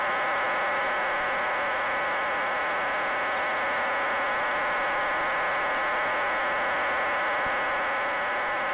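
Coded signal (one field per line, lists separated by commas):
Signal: numbers station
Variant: HM01 RDFT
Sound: steady dense buzzing hiss of many close tones filling the whole clip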